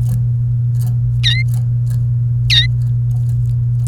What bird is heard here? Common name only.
Domestic Canary